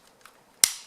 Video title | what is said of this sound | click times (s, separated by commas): Skyzone Sky03 Fitment FIX! | give those a click into place, you can see | 0.6 s